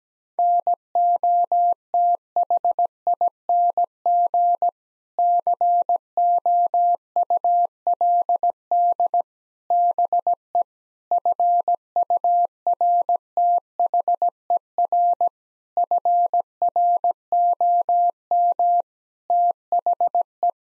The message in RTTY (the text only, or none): none